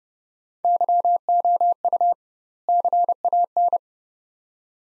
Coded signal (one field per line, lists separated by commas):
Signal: Morse code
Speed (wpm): 29 wpm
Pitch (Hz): 700 Hz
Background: none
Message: YOU CAN